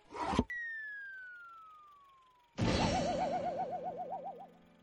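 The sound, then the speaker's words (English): A giant grand piano falls onto a man's head and crashes: a short burst, then a long descending whistle, then a loud crashing impact that rings on with a wobbling, warbling tone. No one speaks. “That giant grand piano just fell right on Bass's head.”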